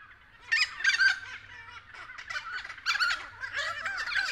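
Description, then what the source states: Friarbirds calling, with loud bursts of harsh, nasal cackles at about half a second and three seconds over softer chattering. Several friarbirds recorded at 6:30 AM.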